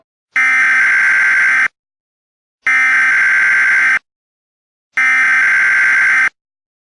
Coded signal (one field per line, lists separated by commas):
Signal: Emergency Alert System (SAME) tones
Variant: header bursts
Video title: EAS Scenario - The Virus of Nazi Element (MY FIRST EVER SCENARIO, FEEDBACK IS APPRECIATED)